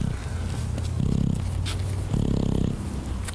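Low, rumbling snoring breaths in two longer surges from an adult alpaca stallion recovering from sedation after an antidote was given.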